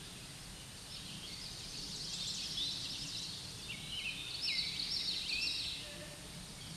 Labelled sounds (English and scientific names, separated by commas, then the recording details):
Common Yellowthroat (Geothlypis trichas) song
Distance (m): 25 m
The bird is about level with the microphone
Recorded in a Pennsylvania forest on 16 May 2024 at 06:51
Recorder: AudioMoth, point MSD-2155
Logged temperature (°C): 15.6 °C
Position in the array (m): 55 m, 141 m